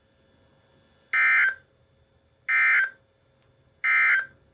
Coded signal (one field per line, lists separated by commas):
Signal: Emergency Alert System (SAME) tones